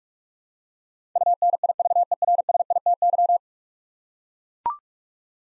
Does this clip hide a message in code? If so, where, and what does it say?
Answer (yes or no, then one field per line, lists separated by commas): yes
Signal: Morse code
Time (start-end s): 1.2-3.4 s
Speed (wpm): 41 wpm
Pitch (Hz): 700 Hz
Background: none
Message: UNIVERSITY